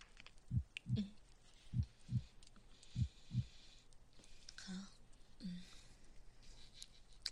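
Three clear lub-dub pairs of low thumps, evenly spaced at about 50 beats a minute, then fainter sounds as the chestpiece moves. The heartbeat of a very fit adult man who exercises often is steady and normal, a slow resting rate with no extra sounds and no problems.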